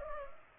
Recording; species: mosquito wingbeat signal from an infrared sensor; Culex pipiens